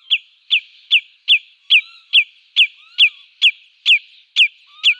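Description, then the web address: Common redshank repeating a loud, down-slurred whistled note in quick, even succession, with faint calls of other birds behind. "Schulze Peter Common Redshank calls"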